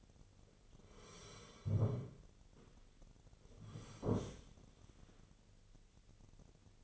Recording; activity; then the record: daily activity, microphone in the room; sit down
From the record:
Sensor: 4